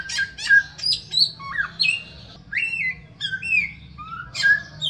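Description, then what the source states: Bird song of loud whistled notes, some rising and some curving down, delivered in uneven bursts with brief pauses, a low hum running throughout. A song variation in the samyong style.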